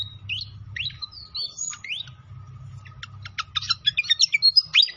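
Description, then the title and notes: Pied fantail song: a few squeaky whistled notes, then a fast series of sharp high chirps, with a low hum. Masteran (training song for cage birds) of clear-voiced song, mixed with the sound of trickling water. "Masteran Sikatan Kipas Suara Jernih Dan Suara Gemericik Air. Suara Burung Sikatan Londo"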